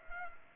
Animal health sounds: mosquito wingbeat signal from an infrared sensor; Culex pipiens

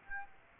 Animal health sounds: mosquito wingbeat signal from an infrared sensor; Aedes aegypti

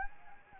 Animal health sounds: mosquito wingbeat signal from an infrared sensor; Anopheles gambiae

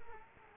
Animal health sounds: mosquito wingbeat signal from an infrared sensor; Culex quinquefasciatus

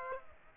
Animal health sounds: mosquito wingbeat signal from an infrared sensor; Aedes aegypti

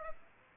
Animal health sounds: mosquito wingbeat signal from an infrared sensor; Aedes aegypti

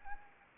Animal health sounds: mosquito wingbeat signal from an infrared sensor; Anopheles arabiensis

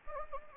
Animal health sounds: mosquito wingbeat signal from an infrared sensor; Anopheles gambiae

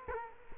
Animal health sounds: mosquito wingbeat signal from an infrared sensor; Culex quinquefasciatus

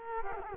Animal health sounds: mosquito wingbeat signal from an infrared sensor; Culex quinquefasciatus

